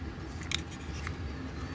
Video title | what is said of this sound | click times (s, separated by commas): Prusa mk3s/nova Build pt3 | and this is basically snaps into place | 0.5 s